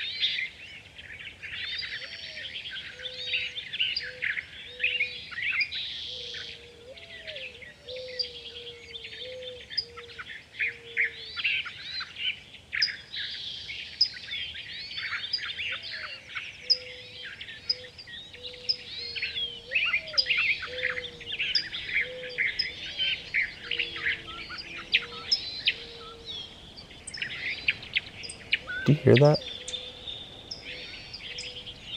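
A dense, continuous chorus of birds chirps and trills throughout, bright overlapping calls never pausing. Beneath it, a lower repeated whistling call sounds in regular series, fading in and out. Near the 29-second mark a single sharp knock or crack cuts briefly through.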